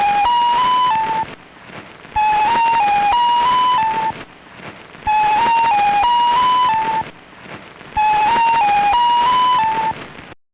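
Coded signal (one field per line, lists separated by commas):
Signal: numbers station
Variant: X6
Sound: a sequence of six steady tones at slightly different pitches, repeated about four times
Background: radio static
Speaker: one of these X stations is X6 which airs the same six tones repeatedly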